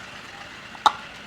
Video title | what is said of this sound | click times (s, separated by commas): Skoda Octavia General Service Cost & Tips Tamil 🛠️ #csmechanictamil #carmechanic | உள்ள வந்து lock ஆகும் பாருங்க | 0.9 s